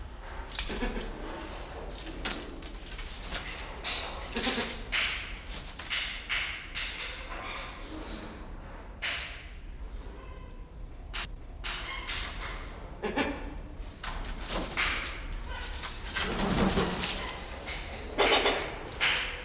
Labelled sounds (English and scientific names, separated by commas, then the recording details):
Choco Toucan (Ramphastos brevis)
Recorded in captivity
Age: adult
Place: Zoo Berlin, Berlin, DE
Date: 1992-12-05
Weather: schwach sonnig, ca. 4°C
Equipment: Marantz CP 430, Sennheiser ME 80, Kopie Tesla B 116
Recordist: Tembrock, Günter